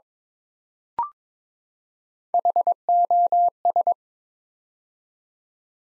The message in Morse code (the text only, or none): HOS